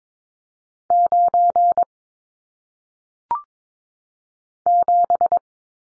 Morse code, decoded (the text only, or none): 9 7